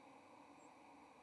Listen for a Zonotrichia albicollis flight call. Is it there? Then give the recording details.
yes. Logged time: 07:41 on 30 October 2014